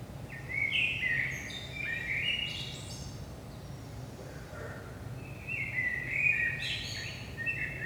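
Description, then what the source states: Common blackbird song: two warbled fluty phrases with squeaky high trailing notes, separated by a pause, over low continuous hum. Blackbird singing early morning, 5 am, Saint-Gilles, Belgium; recorded with DPA 4060 microphones in AB position into a Zoom F3.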